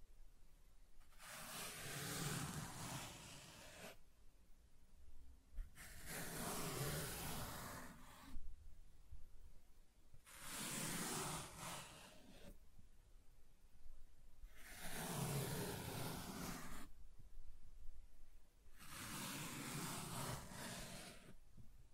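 Soft tracing strokes move across a surface, each one a smooth, airy swish lasting two to three seconds. Five strokes come at a steady pace, about every four and a half seconds, with brief quiet gaps between them. Some strokes sound slightly rougher and grainier than others.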